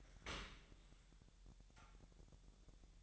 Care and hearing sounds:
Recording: daily activity, microphone in the room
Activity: open dishwasher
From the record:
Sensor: 3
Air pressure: 1000.7 hPa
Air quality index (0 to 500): 248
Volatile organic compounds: 173 ppm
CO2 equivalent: 4115 ppm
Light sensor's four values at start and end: 11/26/11/10 and 11/26/11/10

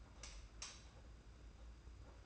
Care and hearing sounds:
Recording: daily activity, microphone in the room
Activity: light off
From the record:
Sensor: 2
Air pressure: 991.8 hPa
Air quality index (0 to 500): 226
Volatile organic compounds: 1000 ppm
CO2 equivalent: 7576 ppm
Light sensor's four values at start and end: 16/44/17/16 and 11/27/11/11

